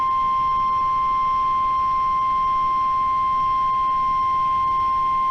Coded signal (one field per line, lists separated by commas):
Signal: Emergency Alert System (SAME) tones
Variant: 1050 Hz attention tone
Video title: EAS Alerts From The Week Of 12/9/2020 (EAS#65-80)